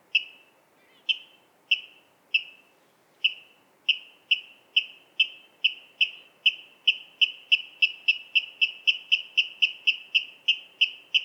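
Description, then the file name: Water rail calling with a long series of metallic kip notes that steadily speed up over about eleven seconds into a fast, insistent chatter. "Waterral Rallus aquaticus"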